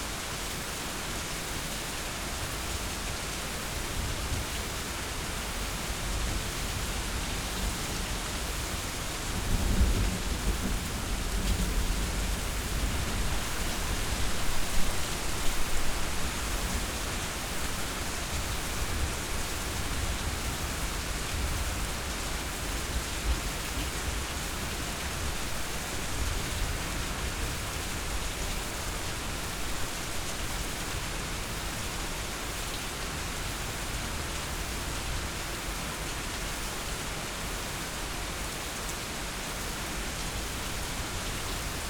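Steady, dense rain hisses throughout, with a low rumble of thunder swelling around ten seconds and again near fifteen before settling.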